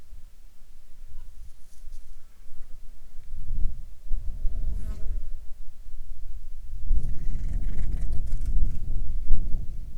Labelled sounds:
wind, insects
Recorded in the Arctic National Wildlife Refuge, Alaska, on 7 July 2019 at 19:15
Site 41

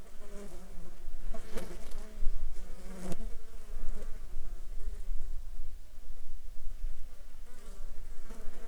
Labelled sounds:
insects
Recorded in Ivvavik National Park, Yukon, on 7 July 2019 at 12:03
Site SINP03

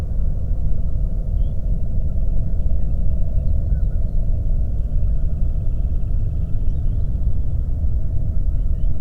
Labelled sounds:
songbird, flare stack
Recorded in the Prudhoe Bay oil fields, Alaska, on 22 May 2019 at 01:32
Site 25

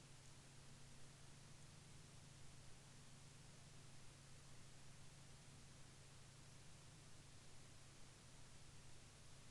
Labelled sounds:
aircraft
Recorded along the Dempster Highway, Canada, on 7 May 2019 at 23:21
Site 20

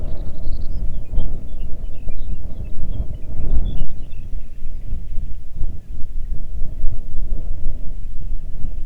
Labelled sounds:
songbird, wind
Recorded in the Arctic National Wildlife Refuge, Alaska, on 3 June 2019 at 05:14
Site 37

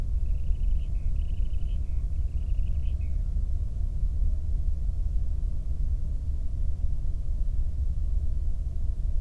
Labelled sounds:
bird
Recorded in the Prudhoe Bay oil fields, Alaska, on 22 May 2019 at 01:08
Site 19

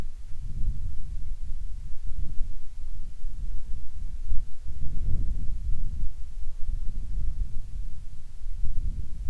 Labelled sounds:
songbird, wind, insects
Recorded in the Arctic National Wildlife Refuge, Alaska, on 10 July 2019 at 18:34
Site 44

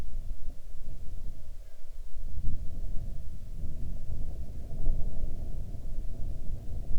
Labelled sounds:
bird, wind
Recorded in the Arctic National Wildlife Refuge, Alaska, on 6 July 2019 at 00:22
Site 39

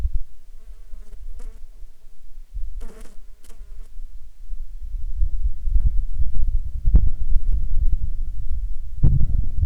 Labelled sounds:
wind, insects
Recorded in Ivvavik National Park, Yukon, on 14 July 2019 at 20:00
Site SINP03

